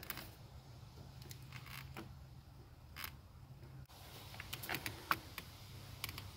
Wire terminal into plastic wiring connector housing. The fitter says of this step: hear it click again once again just give it a nice little tug make sure it's in there and